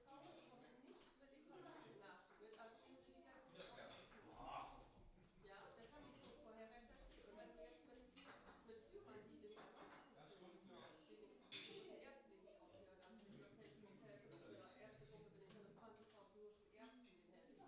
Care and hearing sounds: everyday scene through a hearing-aid microphone; many people talking; many voices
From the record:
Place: parish hall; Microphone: in the ear canal, left

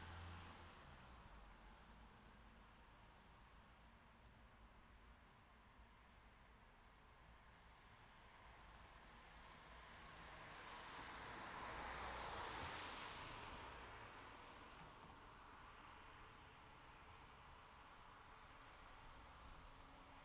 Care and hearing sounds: everyday scene through a hearing-aid microphone; in traffic; traffic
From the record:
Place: city secondary road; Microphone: in the ear canal, left

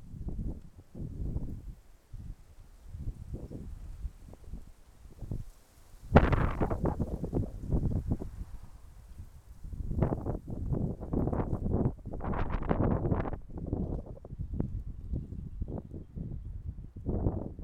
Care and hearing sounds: everyday scene through a hearing-aid microphone; wind on the microphone; wind, traffic, birds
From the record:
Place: suburban garden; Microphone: behind the ear, left, front

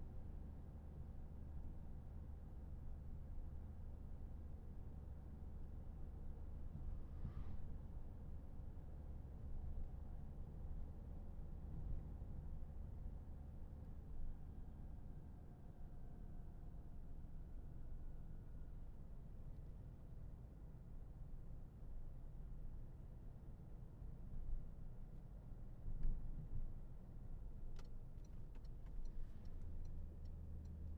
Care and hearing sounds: everyday scene through a hearing-aid microphone; in a vehicle; engine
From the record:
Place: Berlingo II, diesel engine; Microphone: behind the ear, left, front

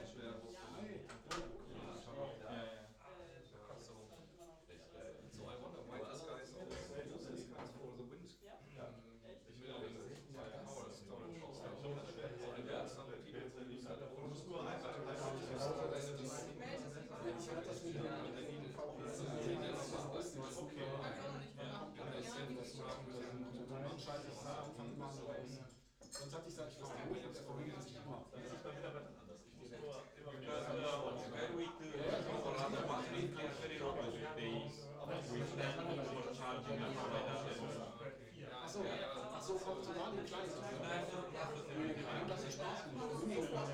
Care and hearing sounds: everyday scene through a hearing-aid microphone; many people talking; many voices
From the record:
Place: bistro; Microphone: in the ear canal, left

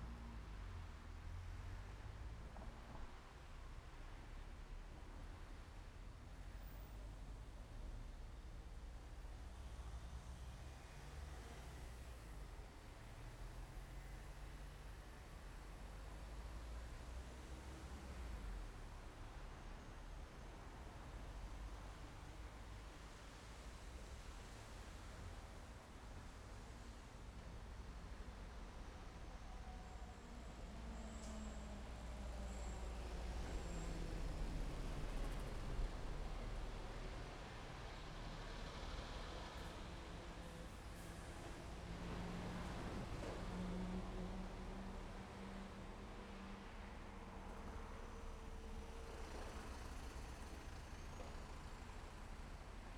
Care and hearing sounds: everyday scene through a hearing-aid microphone; in traffic; traffic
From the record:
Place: main road on the outskirts, rush hour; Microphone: behind the ear, left, rear

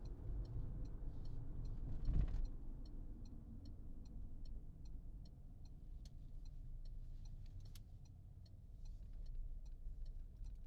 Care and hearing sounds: everyday scene through a hearing-aid microphone; in a vehicle; engine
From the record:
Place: Berlingo II, diesel engine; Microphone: in the ear canal, left

